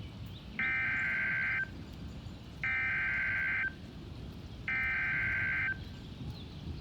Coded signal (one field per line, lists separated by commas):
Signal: Emergency Alert System (SAME) tones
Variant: header bursts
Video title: EAS Alerts + Severe Weather Event From 4/30/22.